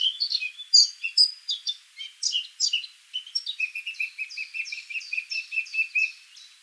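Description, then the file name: Eurasian blackcap song: varied high warbling notes followed by an evenly spaced string of lower notes. "Sylvia atricapilla"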